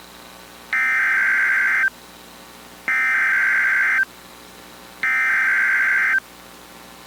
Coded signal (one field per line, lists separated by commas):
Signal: Emergency Alert System (SAME) tones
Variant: header bursts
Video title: FIRST TORNADO OF 2026 | 3/11/2026 (EAS #1,811-29)